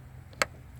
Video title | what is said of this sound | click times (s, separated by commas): How to replace a mazda tribute cabin filter 2001-2006 | can hear it when it snaps you'll hear a nice click so | 0.4 s